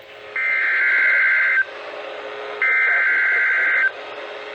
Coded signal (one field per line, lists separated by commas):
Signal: Emergency Alert System (SAME) tones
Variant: header bursts